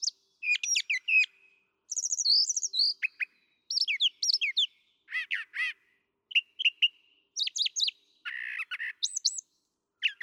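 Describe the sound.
Brown thrasher delivering a varied medley of high chirps, whistled slurs and buzzy, scratchy notes in short, often repeated phrases.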